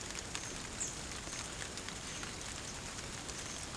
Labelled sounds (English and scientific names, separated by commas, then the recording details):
none
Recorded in secondary vegetation near Puerto Asís, Putumayo, Colombia, on 21 December 2024 at 07:30
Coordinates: 0.489, -76.322
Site G059